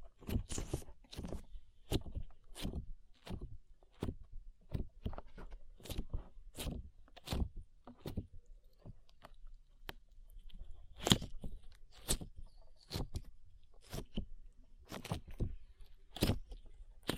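Slime being squeezed and poked, with a steady run of sharp, wet pops and squelches about two per second. Each snap is brief, with near silence between, and the rhythm stays even throughout, a few pops landing harder than the rest.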